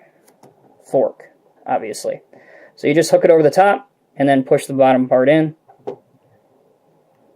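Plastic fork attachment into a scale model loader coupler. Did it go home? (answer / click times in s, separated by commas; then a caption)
yes / 5.9 s. Someone talks while the plastic fork attachment of a Caterpillar 927G diecast wheel loader model is hooked over the top of the quick coupler and its bottom part is pushed in. A sharp snap is heard at 5.9 s as the fork seats in the coupler.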